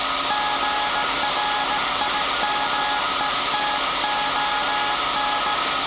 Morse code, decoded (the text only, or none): GRIMETON